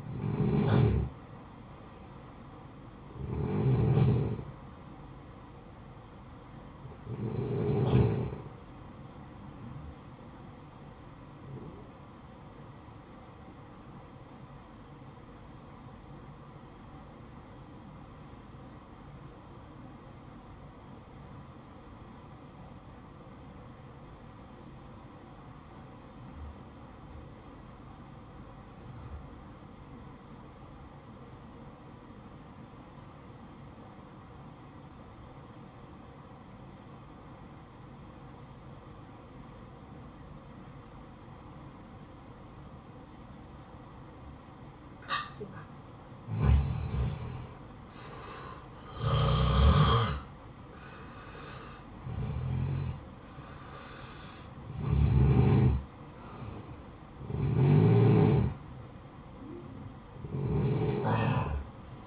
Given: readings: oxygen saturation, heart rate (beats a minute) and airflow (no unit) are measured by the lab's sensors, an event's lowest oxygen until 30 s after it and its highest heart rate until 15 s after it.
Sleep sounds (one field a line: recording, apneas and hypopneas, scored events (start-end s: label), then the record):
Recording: breathing in sleep by a smartphone at the bedside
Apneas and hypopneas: 1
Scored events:
16.00-48.50 s: obstructive apnea (N1, oxygen 94% highest, then 90% lowest, heart rate 54 at the start, 67 highest)
From the record:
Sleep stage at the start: N1 (lightest sleep)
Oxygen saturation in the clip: 89 to 94%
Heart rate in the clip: 53 to 67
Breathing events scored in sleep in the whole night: 573 in 9.8 hours asleep